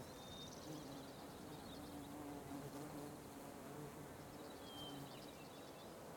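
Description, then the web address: Fly buzz as a faint, steady low hum, with scattered thin bird whistles and faint high insect chirps. Loud flies with light birds and crickets in the background. "Sonniss com - GDC 2020-Game Audio Bundle Wav Junction Sound Effects - Ambience loud flies light birds crickets wind"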